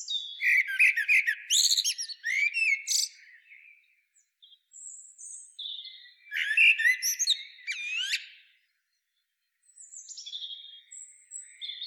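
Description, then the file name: Common blackbird song in two bursts of mellow whistled warbling laced with shrill squeaks, trailing into thin high twitters before a pause. "Turdus merula"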